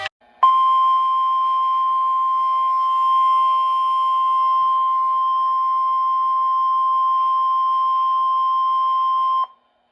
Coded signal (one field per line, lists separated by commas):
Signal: Emergency Alert System (SAME) tones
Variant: 1050 Hz attention tone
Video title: WXK26 Required Weekly Test & and Heat Special Weather Statement (EAS #137)